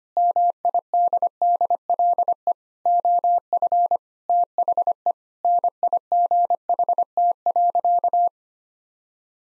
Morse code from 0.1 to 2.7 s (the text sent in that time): MIDDLE